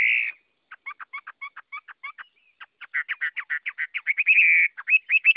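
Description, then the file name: Chinese hwamei song: a brief whistled note, then a run of short clipped notes, building into a fast, loud series of rising and falling whistles. Hwamei singing in the 'giọng rừng' (forest voice) song style. "Tieng hoa mi hot giong rung"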